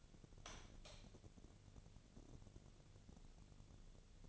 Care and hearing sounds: daily activity, microphone in the room; light on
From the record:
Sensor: 4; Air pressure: 1000.9 hPa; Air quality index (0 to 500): 124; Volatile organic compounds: 1 ppm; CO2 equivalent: 932 ppm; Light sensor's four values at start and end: 30/73/30/32 and 32/80/33/35

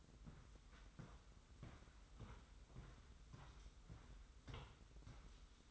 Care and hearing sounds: daily activity, microphone in the room; walk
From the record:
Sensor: 3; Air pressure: 990.7 hPa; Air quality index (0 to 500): 170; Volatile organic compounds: 1000 ppm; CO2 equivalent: 5520 ppm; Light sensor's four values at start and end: 40/94/38/36 and 40/94/38/36

